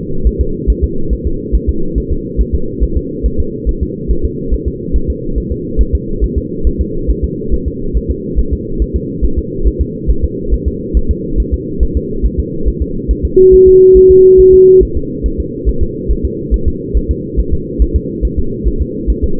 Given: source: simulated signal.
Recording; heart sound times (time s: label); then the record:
fetal heart sounds
0.27 s: S1
0.41 s: S2
0.70 s: S1
0.84 s: S2
1.13 s: S1
1.27 s: S2
1.55 s: S1
1.69 s: S2
1.98 s: S1
2.12 s: S2
2.41 s: S1
2.55 s: S2
2.83 s: S1
2.97 s: S2
3.26 s: S1
3.40 s: S2
3.69 s: S1
3.83 s: S2
4.11 s: S1
4.25 s: S2
4.54 s: S1
4.68 s: S2
4.96 s: S1
5.10 s: S2
5.38 s: S1
5.52 s: S2
5.81 s: S1
5.95 s: S2
6.24 s: S1
6.38 s: S2
6.67 s: S1
6.81 s: S2
7.10 s: S1
7.24 s: S2
7.54 s: S1
7.68 s: S2
7.97 s: S1
8.11 s: S2
8.39 s: S1
8.53 s: S2
8.82 s: S1
8.96 s: S2
9.25 s: S1
9.38 s: S2
9.67 s: S1
9.81 s: S2
10.10 s: S1
10.24 s: S2
10.54 s: S1
10.68 s: S2
10.97 s: S1
11.11 s: S2
11.40 s: S1
11.54 s: S2
11.83 s: S1
11.97 s: S2
12.26 s: S1
12.39 s: S2
12.68 s: S1
12.82 s: S2
13.11 s: S1
13.25 s: S2
13.54 s: S1
13.68 s: S2
13.97 s: S1
14.11 s: S2
14.40 s: S1
14.54 s: S2
14.83 s: S1
14.97 s: S2
15.26 s: S1
15.40 s: S2
15.69 s: S1
15.83 s: S2
16.11 s: S1
16.25 s: S2
16.54 s: S1
16.68 s: S2
16.97 s: S1
17.11 s: S2
17.39 s: S1
17.54 s: S2
17.82 s: S1
17.96 s: S2
18.25 s: S1
18.39 s: S2
18.68 s: S1
18.81 s: S2
19.10 s: S1
19.24 s: S2
From the record:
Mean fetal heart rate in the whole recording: 140 bpm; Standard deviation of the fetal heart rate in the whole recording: 2 bpm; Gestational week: 34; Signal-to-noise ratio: -8.1 dB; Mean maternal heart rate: 72 bpm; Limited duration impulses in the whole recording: present